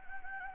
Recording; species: mosquito wingbeat signal from an infrared sensor; Anopheles gambiae